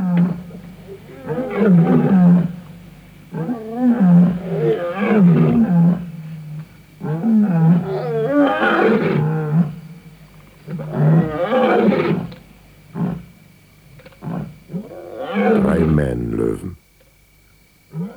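Lions roar in a series of five or six long, deep, throaty bursts, each rising and falling with brief pauses between, loud throughout and fading into quiet at the very end.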